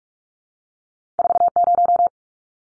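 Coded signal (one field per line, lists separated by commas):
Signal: Morse code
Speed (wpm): 44 wpm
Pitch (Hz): 700 Hz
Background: none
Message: 40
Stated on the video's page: Morse drill at 45 wpm: two-digit numbers sent, spoken, then sent again, for head-copy practice.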